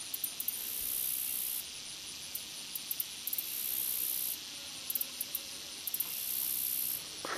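Short-winged meadow katydid song: a few sharp ticks, then a long, very high, hissing buzz, repeated three times.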